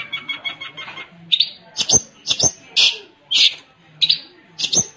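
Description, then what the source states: Long-tailed shrike song: a quick run of repeated high ticking notes, then loud harsh chattering bursts spaced about half a second apart. Combination song.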